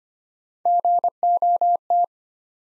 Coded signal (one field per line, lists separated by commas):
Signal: Morse code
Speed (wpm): 25 wpm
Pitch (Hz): 700 Hz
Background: none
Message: GOT